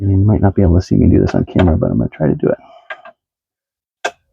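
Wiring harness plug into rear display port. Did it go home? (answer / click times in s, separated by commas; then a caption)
yes / 4.1 s. Someone talks while lining up a white wiring harness plug with the small white port on the back of a rear entertainment screen being installed in a Tesla. After a short pause, the plug is pushed in and seats with a sharp click at 4.1 s, and the screen lights up.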